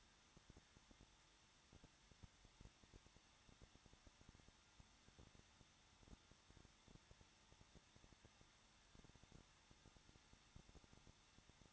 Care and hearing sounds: daily activity, microphone in the room; no activity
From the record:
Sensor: 3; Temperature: 21.2 degrees Celsius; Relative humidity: 36.3%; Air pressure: 1006.3 hPa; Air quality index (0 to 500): 222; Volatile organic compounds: 42 ppm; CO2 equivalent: 3178 ppm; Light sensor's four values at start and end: 2/3/2/2 and 2/3/2/2

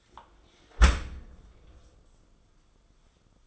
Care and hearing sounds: daily activity, microphone in the room; close dishwasher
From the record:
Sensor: 5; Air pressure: 994.5 hPa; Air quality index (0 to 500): 194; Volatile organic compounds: 1000 ppm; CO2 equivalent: 5725 ppm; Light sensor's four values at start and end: 51/153/60/67 and 52/155/61/68

